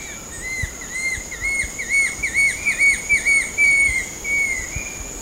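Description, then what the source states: Banded kingfisher calling a drawn-out run of whistled, wavering notes about twice a second, rising slightly then fading, with a steady shrill insect tone above. Recorded at Sepilok on 6 August 2009.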